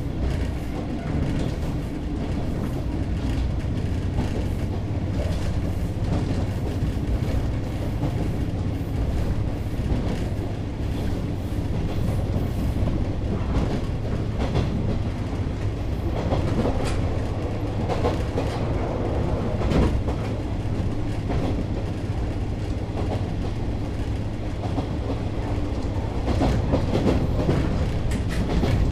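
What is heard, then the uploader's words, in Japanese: Riding aboard a train between Ōsumi-Yokogawa and Kurino: a steady low rumble with a constant hum, and brief rattles and clacks throughout. キハ47 はやとの風2号 肥薩線 大隅横川-栗野。Since the Hisatsu Line is non-electrified, diesel trains run.JR九州の観光路線である肥薩線を走る特急「はやとの風 2号」の大隅横川～栗野間の乗車音です。ZOOM H2。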